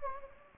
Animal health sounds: mosquito wingbeat signal from an infrared sensor; Anopheles gambiae

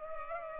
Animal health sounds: mosquito wingbeat signal from an infrared sensor; Culex pipiens

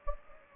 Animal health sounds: mosquito wingbeat signal from an infrared sensor; Anopheles gambiae

